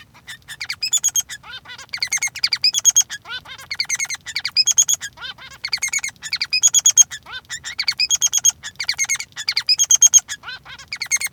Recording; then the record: song of a male Bengalese finch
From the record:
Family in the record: son of father 3